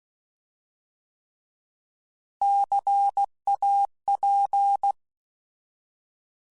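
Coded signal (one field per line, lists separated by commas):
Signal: Morse code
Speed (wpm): 16 wpm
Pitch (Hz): 800 Hz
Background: none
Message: CAP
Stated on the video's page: CW sound bites used as Morse learning examples in a presentation to an amateur radio club.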